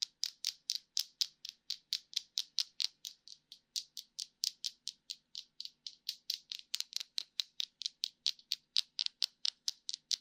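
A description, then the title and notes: Tapping for tingles: a steady run of crisp, bright taps, roughly four or five per second for the whole stretch. Each tap is short and sharp with a slight crunchy edge, and the pace stays even with small variations in loudness. A faint low hum sits underneath. 解壓．觸發．敲擊. Tapping for Tingles. NO Talking.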